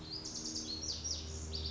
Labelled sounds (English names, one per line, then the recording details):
Lazuli Bunting
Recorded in Sonoma County, California